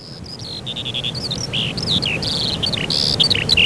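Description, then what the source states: Eurasian skylark song, a fast unbroken stream of high chirps, trills and slurred whistles that jump quickly between pitches, over a low rumbling background. Recorded in spring.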